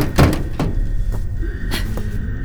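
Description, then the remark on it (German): Heavy thuds pound against a closed door, about five irregular blows with the first the loudest, each a dull, booming knock over a low rumbling background. “Ich höre Sie! Können Sie die Tür öffnen?”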